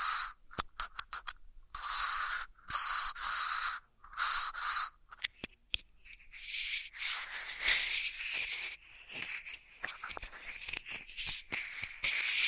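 Ear massage triggers: soft rubbing and scraping strokes come in short bursts for the first six seconds, separated by brief silences and sharp ticks. After that the rubbing turns continuous and denser, with a hissy, crackling texture that swells and fades.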